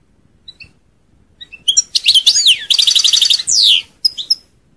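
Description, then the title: European goldfinch starting with soft single chirps, then bursting into a lively twittering song with rapid trills and a drawn-out note. "Chant Chardonneret"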